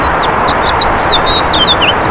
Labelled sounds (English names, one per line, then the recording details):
House Finch song
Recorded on Long Island, New York, on 14 June 2012
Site CH
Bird A